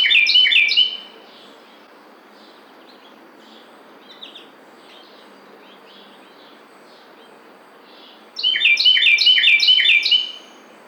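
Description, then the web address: Carolina wren singing repeated rolling phrases at the start, a quiet pause with faint notes, then another burst of the same rich repeated phrase. Recorded 12 June 2009. "Carolina Wren 2009 06 12"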